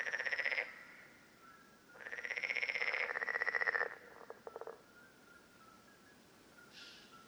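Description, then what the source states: Common parsley frog giving rasping pulsed croaks: a short burst, then a longer burst, followed by a few quieter clicks, over a faint steady tone. Several frogs at Lerouville, Lorraine, France, on 5 June 2022.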